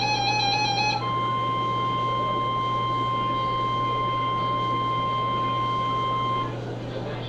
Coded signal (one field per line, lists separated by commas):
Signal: Emergency Alert System (SAME) tones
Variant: 1050 Hz attention tone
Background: music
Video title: Dam Break FFW Jumpscare | EAS #434-444 (Severe Weather Alerts from 5/6/2024)